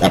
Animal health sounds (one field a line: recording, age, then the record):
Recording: pig call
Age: piglet (1 to 25 days)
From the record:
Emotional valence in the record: positive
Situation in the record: reunion after long isolation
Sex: male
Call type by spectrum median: low-frequency call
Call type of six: low-frequency tonal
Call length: 0.11 s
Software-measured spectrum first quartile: 358 Hz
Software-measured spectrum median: 699 Hz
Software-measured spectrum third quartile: 1764 Hz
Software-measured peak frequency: 666 Hz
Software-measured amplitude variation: 92 dB a second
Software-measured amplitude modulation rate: 4.5 a second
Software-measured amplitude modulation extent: 20.4 dB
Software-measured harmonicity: -0.6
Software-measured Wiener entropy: -1.81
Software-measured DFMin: 594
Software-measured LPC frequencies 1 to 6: 668, 2061, 3202, 3631, 5270, 6453 Hz